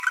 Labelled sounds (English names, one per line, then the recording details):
Green-rumped Parrotlet babbling
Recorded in a nest box in Venezuela
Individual 18B25A5